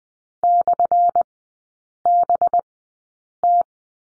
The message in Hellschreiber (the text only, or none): none